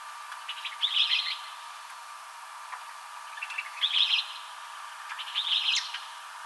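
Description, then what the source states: Western kingbird calling three times: harsh, twittering high bursts, some with soft lead-in notes, spaced about one and a half to three seconds apart over a steady hum. Recorded on 7 July 2007.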